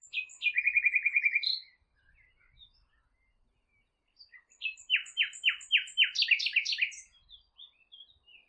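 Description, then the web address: Bird song in two phrases, each a rapid run of repeated chirps and trilled notes, with a quiet gap between them. "Bird Only"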